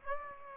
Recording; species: mosquito wingbeat signal from an infrared sensor; Aedes aegypti